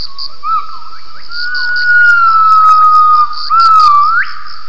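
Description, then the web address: Gibbon call: a sustained whistled tone with several quick upward swoops, ending in a sharp rise, over a steady high buzz. Recorded for acoustic triangulation of gibbon calls. "gibbons triangulations vocs"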